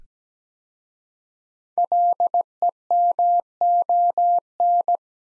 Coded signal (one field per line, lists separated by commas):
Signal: Morse code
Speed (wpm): 17 wpm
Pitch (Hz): 700 Hz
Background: none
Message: LEMON